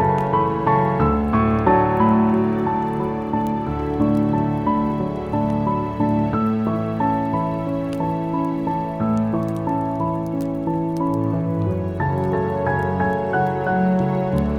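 Soft piano plays slow, sustained chords and a gentle melody in the middle and low range, with notes ringing into one another at an even, unhurried pace. Sparse, sharp crackles and pops from a burning fire sit lightly behind the music throughout.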